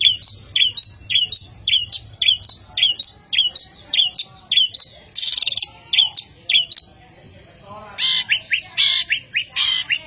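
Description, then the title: Long-tailed shrike song: a string of sharp chirps about two per second, with a scratchy burst among them, then quick clipped notes. Song of a champion long-tailed shrike, a competition bird. "Kicau Burung Cendet Juara"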